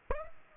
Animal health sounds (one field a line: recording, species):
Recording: mosquito wingbeat signal from an infrared sensor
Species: Aedes aegypti